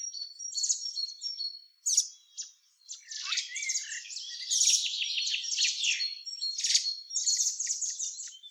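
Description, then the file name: Common blackbird giving high scratchy twittering with a brief pause, thin whistled tones woven through the rapid chattering. "Turdus merula"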